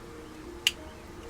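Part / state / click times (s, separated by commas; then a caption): lower plastic skirt piece on a model kit assembly / seated / 0.7 s. A lower plastic skirt piece on a Bandai MG Sazabi "Ver Ka" model kit is pressed on to close up a large gap in the skirt. Against a quiet background, a single loud, sharp click sounds at 0.7 s as the piece clicks into place and seats.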